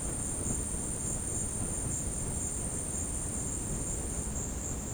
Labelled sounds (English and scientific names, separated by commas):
none